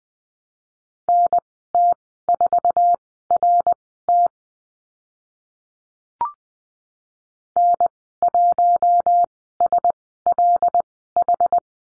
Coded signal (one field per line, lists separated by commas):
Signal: Morse code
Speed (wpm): 20 wpm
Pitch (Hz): 700 Hz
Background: none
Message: NT4RT N1SLH